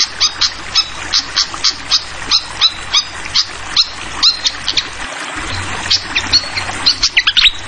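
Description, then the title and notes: Fantail calls, a rapid run of many sharp high chips, with a steady rush of flowing water underneath. Tutoring (masteran) song for training songbirds, clear voice, mixed with the sound of flowing water. "Masteran Sikatan Kipas Suara Jernih Dan Suara Gemericik Air. Suara Burung Sikatan Londo"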